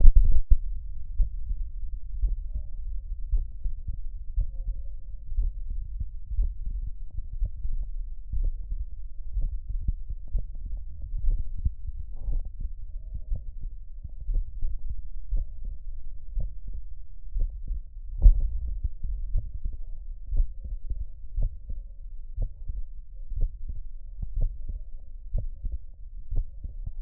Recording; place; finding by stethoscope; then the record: heart sounds by stethoscope; pulmonary valve (PV); normal heart sounds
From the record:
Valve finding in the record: normal valve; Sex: male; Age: 38 years